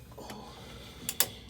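A steering shaft coupling is drawn up onto the input splines of a new steel Sheppard power steering gear on a GM 4106 bus while a tool is worked. Over a low steady background, a faint tick is heard at 0.3 s, followed by two sharp clicks at 1.1 s and 1.2 s. The coupling is only cinching up on the splines and is not fully seated yet.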